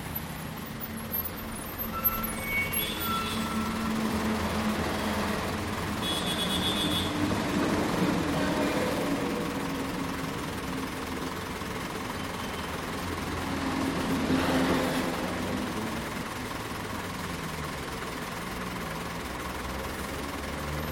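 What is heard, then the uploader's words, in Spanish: A city-centre soundscape recorded while riding a bicycle, with a steady low rumble of traffic throughout. Vehicles swell past around eight and fifteen seconds, a brief bright whine sounds near six seconds, and faint chatter and clatter sit in the background. Paisaje Sonoro Centro Centro de Bogotá en Bicicleta. Grabado en bicicleta.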